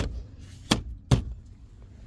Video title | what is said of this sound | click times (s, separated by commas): 2008 Ford Focus ignition switch | And then they'll will click in. | 0.7 s, 1.1 s